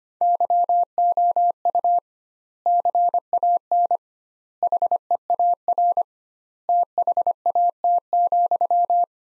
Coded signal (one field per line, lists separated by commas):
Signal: Morse code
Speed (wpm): 25 wpm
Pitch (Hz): 700 Hz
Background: none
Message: YOU CAN HEAR THAT,